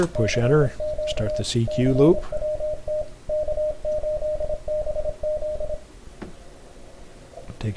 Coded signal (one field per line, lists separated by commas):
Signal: Morse code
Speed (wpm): 26 wpm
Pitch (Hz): 610 Hz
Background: speech, radio noise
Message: CQ CWT K8BZ